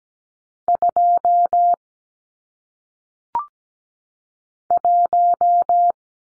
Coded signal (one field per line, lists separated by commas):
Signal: Morse code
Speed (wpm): 17 wpm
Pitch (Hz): 700 Hz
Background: none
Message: 2 1